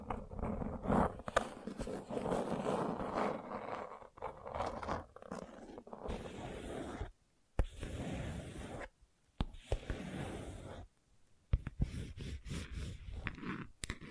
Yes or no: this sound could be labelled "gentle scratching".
yes